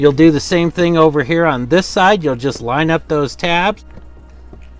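On a Ford Expedition or F150 during an ignition key lock cylinder replacement (part AU5Z-11582-B), the tabs on the other side of the plastic steering column cover halves are being lined up to snap together while someone talks. The speech stops at about 3.8 seconds, leaving only a faint low hum. Nothing has seated or clicked yet.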